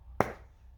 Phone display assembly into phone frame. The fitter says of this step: know that's not the pop I want I need to hear all the clips clicking